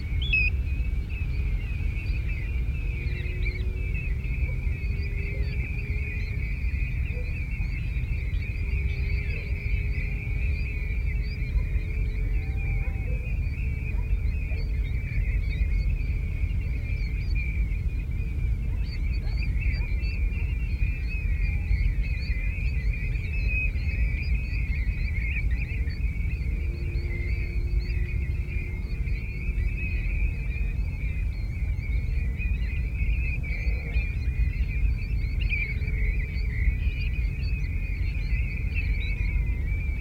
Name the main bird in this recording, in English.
European Golden Plover